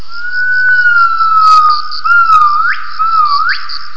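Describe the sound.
Gibbon call, a sustained pure whistled tone that wavers slightly then swoops sharply upward twice near the end, with faint clicks in the background.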